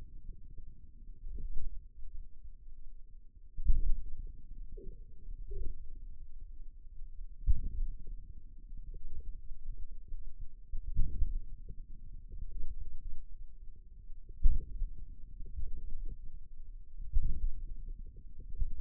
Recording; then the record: forearm muscle sounds (acoustic myography)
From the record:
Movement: outward rotation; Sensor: system 2, bracelet of six BSWA MPA416 microphones around the upper forearm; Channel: 3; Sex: male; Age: 22 years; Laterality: right